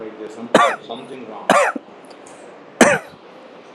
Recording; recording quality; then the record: shallow voluntary cough; moderate, slight background noise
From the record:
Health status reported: healthy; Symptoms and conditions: none ticked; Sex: male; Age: 30 years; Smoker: not ticked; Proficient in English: yes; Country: India